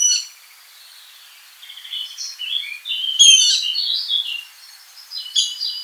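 Water rail calling with harsh, squealing high notes that swell into a loud burst midway, then fade to scattered chirps and a final sharp outburst.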